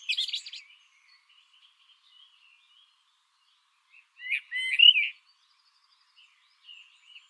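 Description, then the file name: Common blackbird giving two brief song phrases, a mellow warble with thin high twittering, separated by a long quiet gap with faint soft notes. "Turdus merula"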